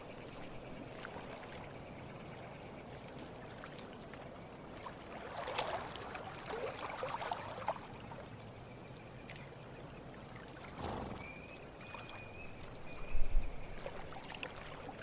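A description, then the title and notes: Lake water laps steadily in a soft, dense wash that carries through the whole clip. Brief sloshing splashes rise around six to eight seconds and again near eleven, a faint thin tone drifts in after twelve seconds, and a low knock sounds near thirteen. Calming lake ambience. Water lapping.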